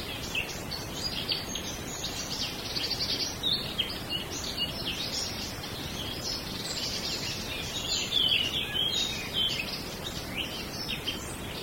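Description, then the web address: Several birds chirping and trilling densely, high-pitched twitters overlapping throughout, set over constant background hiss. Small birds in a wood. "bosco Uccellini bosco e moscone"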